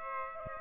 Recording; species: mosquito wingbeat signal from an infrared sensor; Aedes aegypti